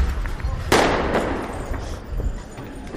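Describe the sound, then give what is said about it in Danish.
A loud, sharp kanonslag firecracker blast cracks out, followed by a second bang, each leaving a noisy rumbling tail over a constant background of crowd noise; the firecrackers are thrown toward police amid chaos around Blågårdsplads in Blågårdsgade. “De kaster det med kanonslag.”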